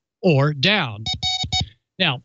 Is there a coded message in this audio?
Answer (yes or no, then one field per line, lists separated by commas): no